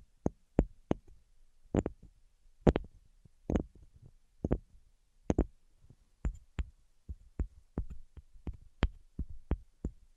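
Tapping without talking: sharp, separate taps land in uneven clusters, roughly two or three per second, each a crisp click with a soft low thump beneath. The hits vary in strength, with quiet gaps between them and a faint low hum underneath.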